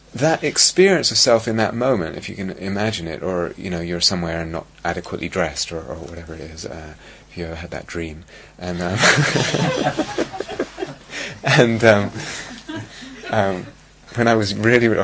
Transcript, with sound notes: That experience of self in that moment, if you can imagine it, or you're somewhere and not adequately dressed or whatever it is, if you've ever had that dream -- [laughter] when I was really...